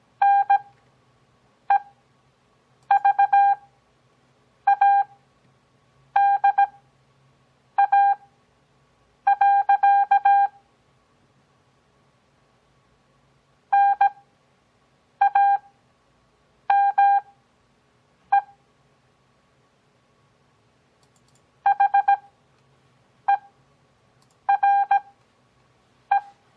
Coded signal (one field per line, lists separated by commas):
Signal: Morse code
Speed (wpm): 17 wpm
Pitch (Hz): 800 Hz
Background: none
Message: NEVADA. NAME HERE